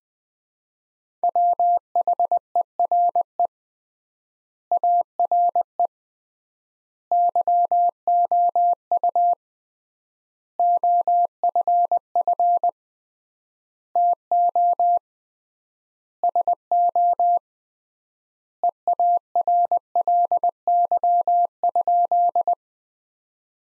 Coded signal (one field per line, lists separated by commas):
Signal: Morse code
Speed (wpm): 20 wpm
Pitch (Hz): 700 Hz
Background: none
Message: WHERE ARE YOU OFF TO SO EARLY?